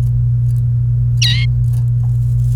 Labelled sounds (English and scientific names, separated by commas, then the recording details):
Domestic Canary (Serinus canaria) song
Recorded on 28 April 2018 at 11:17
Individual llb3